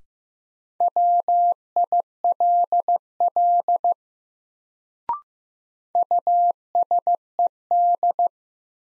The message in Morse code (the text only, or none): WILL USED